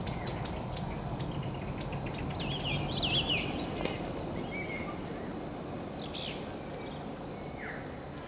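Bird calls: many quick chirps and sharp falling whistles over a steady background hum.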